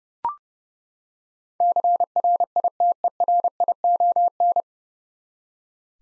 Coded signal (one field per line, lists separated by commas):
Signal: Morse code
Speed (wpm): 30 wpm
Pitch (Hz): 700 Hz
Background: none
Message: CRITERION